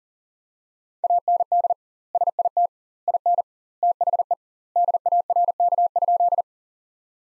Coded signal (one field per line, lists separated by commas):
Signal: Morse code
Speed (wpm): 40 wpm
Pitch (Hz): 700 Hz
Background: none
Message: AND SIT IN THE DARK?